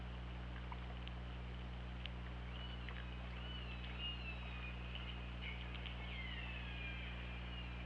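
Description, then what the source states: Killer whale calls, a series of overlapping tonal calls rising and falling through the second half, with scattered clicks and a steady low engine-like hum beneath. Recorded on the OrcaLab hydrophone, 24 August 2017, around 20:52.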